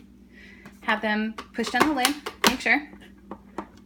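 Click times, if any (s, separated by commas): 3.3 s, 3.6 s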